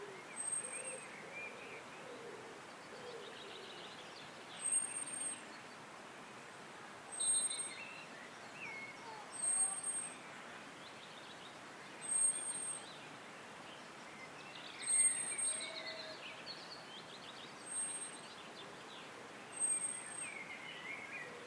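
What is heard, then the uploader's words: Birdsong in Dovedale, Derbyshire, with a thin, very high call repeating at fairly regular intervals, roughly every two to three seconds. Softer warbling phrases drift underneath, over a steady bed of hissing outdoor noise. A walk among birdsong in Dovedale in Derbyshire. Deeply relax to the gentle melodies of nature – including summer blackbirds and robins – in the latest Sound Escape from BBC Countryfile Magazine. Recorded by Andrew Griffiths and presented by Hannah Tribe.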